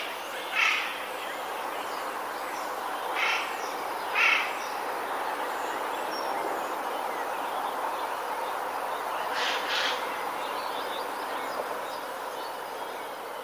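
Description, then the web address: Eurasian jay calls in scattered harsh rasps, four brief screeching bursts spread irregularly across a steady hiss with long quiet gaps. Recorded 7 April 2019. "wroblowe ostrzegator sojka 07 04 2019"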